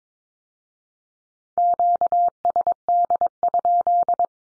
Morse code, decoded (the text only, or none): QSD?